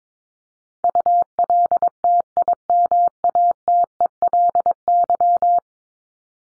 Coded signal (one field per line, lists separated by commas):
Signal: Morse code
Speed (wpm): 22 wpm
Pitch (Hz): 700 Hz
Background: none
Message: ULTIMATELY